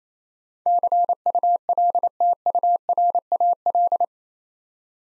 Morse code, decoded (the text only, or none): CULTURAL